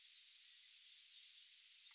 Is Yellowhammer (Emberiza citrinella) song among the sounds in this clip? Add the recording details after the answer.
yes. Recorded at under 5 m from the bird. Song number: 014